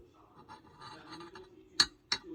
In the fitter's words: Okay, after you hear the click, so they are already locked in.